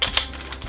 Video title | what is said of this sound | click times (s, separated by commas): 10 Things We Actually Use | this little time saver um just pops right into the into the drill | 0.0 s, 0.2 s